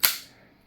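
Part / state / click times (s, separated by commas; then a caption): Li-ion battery pack into a pistol-mounted tactical light body / seated / 0.1 s. A removable Li-ion battery pack, released by pulling its tab, is slid back into the body of a compact Nitecore NPL27 pistol-mounted tactical weapon light. A single sharp, bright click is heard at 0.1 s, with a short fading tail. The pack seats solidly in place.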